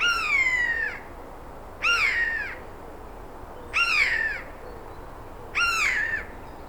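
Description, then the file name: Eurasian jay repeating a tonal mewing call, four drawn-out descending notes roughly every two seconds, rich in overtones, with steady low background noise. "Garrulus glandarius"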